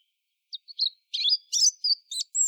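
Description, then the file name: European robin giving a short burst of song: thin high notes building into fast, tumbling warbles and sliding whistles, against a silent background. "Erithacus rubecula"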